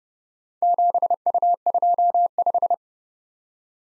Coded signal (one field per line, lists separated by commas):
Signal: Morse code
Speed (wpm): 30 wpm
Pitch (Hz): 700 Hz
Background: none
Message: 7U25